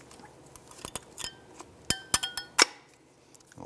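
A metal brake pad with spring clips is pushed onto the caliper bracket of a 2001-2007 Ford Escape front brake, with faint taps early on and a run of sharp metallic clicks and clinks near 1.9, 2.1 and 2.6 seconds. The pad snaps into the bracket and seats at 2.1 seconds, which is confirmed.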